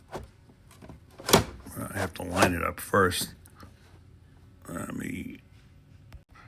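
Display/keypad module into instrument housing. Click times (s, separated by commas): 6.1 s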